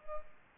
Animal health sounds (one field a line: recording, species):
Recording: mosquito wingbeat signal from an infrared sensor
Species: Culex pipiens